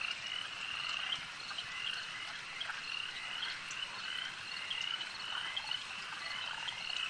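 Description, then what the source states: Insects buzz together in a constant high drone that swells and eases slightly, with occasional sharp chirps standing out. An insect swarm.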